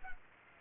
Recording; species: mosquito wingbeat signal from an infrared sensor; Culex pipiens